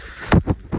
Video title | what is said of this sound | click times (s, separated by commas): What I used to make a 50-year old paint to shine. Randy’s blown 57 Chevy Gasser build update | Easy close. You make sure you hear that click. | 0.3 s